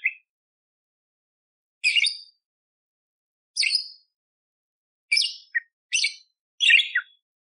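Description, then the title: Budgerigar chirps: short, bright, scratchy notes in separate bursts more than a second apart, then closer together near the end, with silence between. Loud, clear chirping (gacor jernih) with rough 'tembakan' fill phrases, used as masteran to train magpie robins (kacer). "Masteran Burung Parkit Gacor Jernih Full Isian Tembakan Kasar Cocok Buat Kacer"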